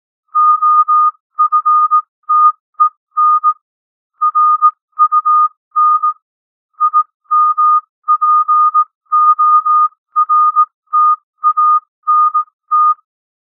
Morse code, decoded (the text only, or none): OFTEN RUN IMPORTANT